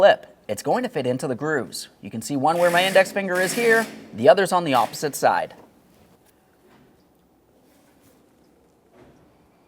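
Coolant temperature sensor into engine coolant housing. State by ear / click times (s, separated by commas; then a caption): not seated / none. A coolant temperature sensor for a 2010-2013 Kia Forte Koup 2.4L L4 is lined up with the grooves of its engine coolant housing while someone talks for about the first five seconds. Faint handling noises follow, with a slight sharp sound at the very end around 9.7 s. Nothing has seated or clicked yet.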